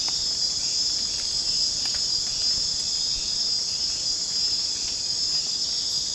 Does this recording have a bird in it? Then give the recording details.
no. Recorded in secondary vegetation near Puerto Asís, Putumayo, Colombia, on 25 June 2025 at 02:30. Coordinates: 0.484, -76.319. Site G074